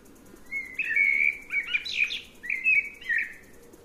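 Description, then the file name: Eurasian blackbird song, a mellow whistled phrase that breaks into a brief scratchy flourish, then two shorter fluty notes follow. "Turdus merula"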